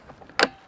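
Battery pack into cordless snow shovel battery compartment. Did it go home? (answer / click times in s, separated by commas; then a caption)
yes / 0.4 s. A 20V lithium battery pack, a 4-amp-hour battery for a VOLTASK cordless snow shovel, is slid into the shovel's spring-loaded battery compartment. A few faint ticks are followed by one sharp, loud click at 0.4 s as the pack latches into place. The battery is seated.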